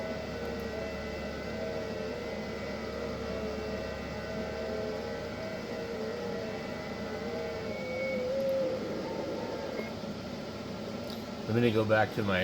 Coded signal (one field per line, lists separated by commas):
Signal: FT8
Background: speech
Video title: 10m band is acting weirdly this morning or is it psk reporter 🤔